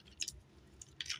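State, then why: Seated. While a plastic Transformers Studio Series Gamer Edition 03 WFC Voyager Class Optimus Prime figure is transformed into truck mode, its folded-out leg and wheel section is pushed into the truck body. Faint plastic handling clicks are heard near 0.2 s and 0.8 s, then a sharp click at 1.0 s as the section snaps and locks into place.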